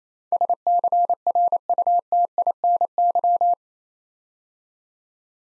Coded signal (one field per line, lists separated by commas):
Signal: Morse code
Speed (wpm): 29 wpm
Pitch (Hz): 700 Hz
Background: none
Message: SCRUTINY